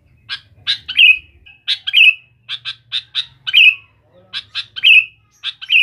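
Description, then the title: Sooty-headed bulbul song: quick bursts of sharp notes, each ending in a bright liquid falling note, repeated in a steady lively series; a soft hum below. "Kutilang"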